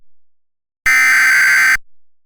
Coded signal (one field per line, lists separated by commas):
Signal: Emergency Alert System (SAME) tones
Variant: header bursts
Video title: Raining Men [EAS Short Scenario]